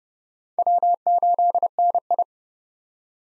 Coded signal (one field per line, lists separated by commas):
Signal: Morse code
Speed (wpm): 30 wpm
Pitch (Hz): 700 Hz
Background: none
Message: W8NI